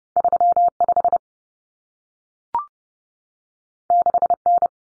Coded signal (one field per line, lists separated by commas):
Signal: Morse code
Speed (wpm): 30 wpm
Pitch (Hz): 700 Hz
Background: none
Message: 35 6N